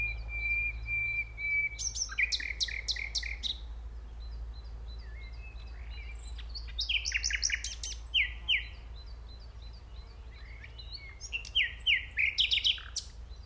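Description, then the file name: Common nightingale song: a long steady whistle opens, followed by repeated pulsed notes and varied rich phrases in several bursts. "Luscinia megarhynchos"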